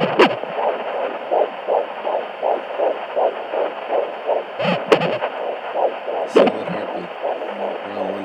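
Rapid, regular whooshing pulses near 160 a minute with a few handling thumps: a fetal heartbeat at 13.5 weeks of pregnancy.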